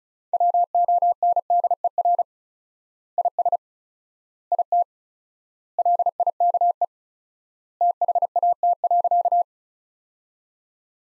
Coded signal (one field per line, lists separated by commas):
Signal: Morse code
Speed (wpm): 36 wpm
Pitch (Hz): 700 Hz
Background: none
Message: WONDER IS IT LIKE THAT.